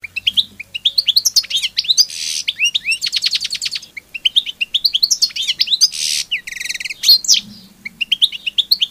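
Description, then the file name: Bird chirps and twittering, quick upward-sweeping high notes mixed with a fast buzzy trill and a harsh burst, calling almost continuously throughout. "happy bird"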